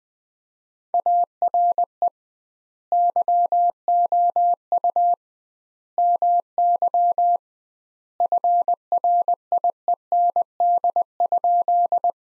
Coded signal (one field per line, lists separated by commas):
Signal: Morse code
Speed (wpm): 20 wpm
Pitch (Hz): 700 Hz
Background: none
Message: ARE YOU MY FRIEND?